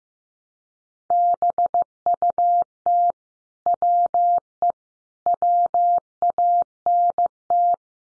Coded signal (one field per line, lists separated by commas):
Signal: Morse code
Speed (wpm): 15 wpm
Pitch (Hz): 700 Hz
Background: none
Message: BUT WE WANT